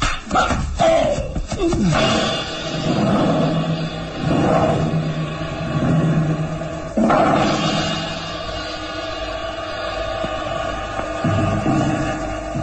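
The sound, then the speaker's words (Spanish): A werewolf, one of the human wolves, attacks Kalimán in the radio drama Kalimán - Los Lobos Humanos, with loud, rough growling and snarling surging in repeated bursts of deep, throaty roars over a steady low hum, with no talking. “El hombre increíble ha sido atacado por uno de los lobos humanos.”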